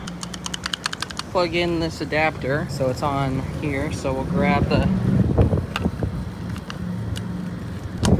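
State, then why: Seated. A plastic NACS-to-J1772 charging adapter is fitted onto the connector head of an EV charging cable while someone talks. A quick series of sharp clicks comes early, then scattered handling knocks. A final sharp snap at 8.1 s is the adapter latching onto the connector.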